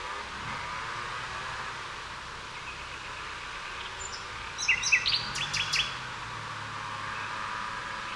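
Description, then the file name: Common nightingale song: a short burst of varied, sharp chirps and clicking notes midway through, with steady background hiss before and after. "Luscinia megarhynchos"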